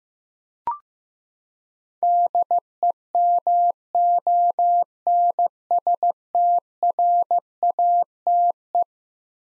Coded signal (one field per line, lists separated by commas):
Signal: Morse code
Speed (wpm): 15 wpm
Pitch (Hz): 700 Hz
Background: none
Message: DEMONSTRATE